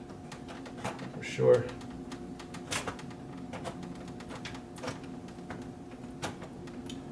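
An EVGA GTX 670 reference graphics card is handled toward a motherboard's PCIe slot during an SLI install, in a tight fit, while someone talks. Brief, light ticks and handling knocks come and go over a low steady hum. Nothing has seated or clicked into the slot yet.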